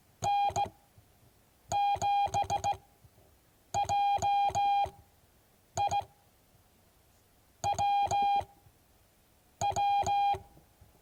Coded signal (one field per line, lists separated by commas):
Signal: Morse code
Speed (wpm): 16 wpm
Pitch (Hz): 810 Hz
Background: none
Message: N7JI WW